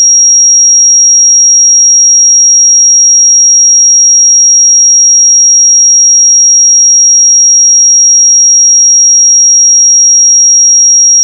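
A pure sine tone at 5638 Hz holds steady for the full eleven seconds, a single thin, piercing high pitch. Its loudness never changes, and nothing else sounds behind it: no noise, no other tones, no breaks.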